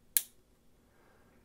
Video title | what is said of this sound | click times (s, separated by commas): Rike Cybertrix knife / includes disassembly / the new future of premium folders ? | and pops into place okay | 0.2 s